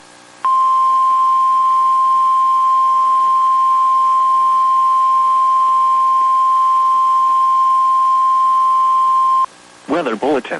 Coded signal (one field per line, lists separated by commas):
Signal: Emergency Alert System (SAME) tones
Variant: 1050 Hz attention tone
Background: speech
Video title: Pittsburgh’s turn | 3/31/22 - Tornado Warning for West Central PA on KIH35 (EAS #403)